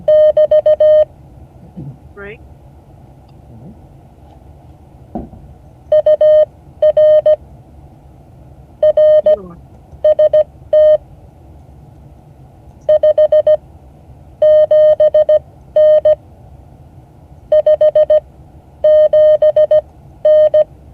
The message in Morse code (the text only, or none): <BT> UR RST 57N 57N